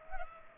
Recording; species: mosquito wingbeat signal from an infrared sensor; Culex pipiens